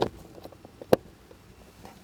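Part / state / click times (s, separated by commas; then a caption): cabin air filter housing cover onto car HVAC filter housing / seated / 0.9 s. The plastic cover of a car's cabin air filter housing is closed after both halves of the cabin air filter have been lined up and slid into the housing. It shuts with one sharp, loud snap at 0.9 s, and the cover is seated.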